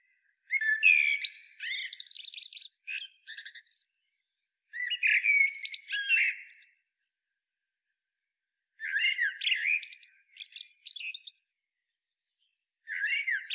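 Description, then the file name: Common blackbird song: repeated phrases of low whistled warbling, each ending in high scratchy twitters, with short pauses between phrases. "Turdus merula"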